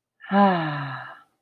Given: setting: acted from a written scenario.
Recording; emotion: vocal sound without words; contentment